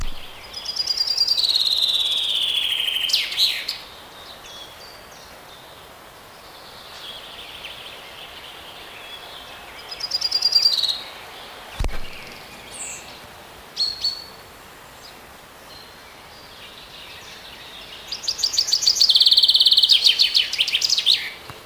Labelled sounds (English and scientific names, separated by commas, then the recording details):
Common Chaffinch (Fringilla coelebs)
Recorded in the wild
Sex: male
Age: adult
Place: Mühlenbecker Land, OT Summt, Brandenburg, DE
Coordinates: 52.6928, 13.3553
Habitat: forest
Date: 1983-05-29 12:44
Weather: fair, cloudy, 15°C, wind
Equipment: Nagra SN, Kopie Uher 4000 Monitor Report
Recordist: Tembrock, Günter
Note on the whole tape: Summt, am Buchenberg. Gesang